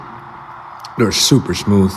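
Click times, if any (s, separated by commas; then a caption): none. A smooth steel door latch on a barbecue smoker pit door is handled by hand while someone talks over a low steady background. Nothing has seated or clicked yet; the clip ends just before the latch snaps shut.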